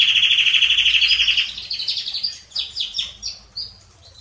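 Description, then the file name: Canary song opening with a fast, even high trill for about a second and a half, then scattered quieter chirps. "Canary Voice"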